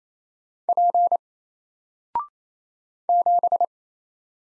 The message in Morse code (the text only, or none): P 7